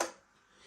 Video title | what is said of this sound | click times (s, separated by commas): 【REVIEW】Betopper 7*40W 4-in-1 RGBW Wash&Zoom Moving Head Lights LM0740 | you've got that lovely click sound so again push in | 0.0 s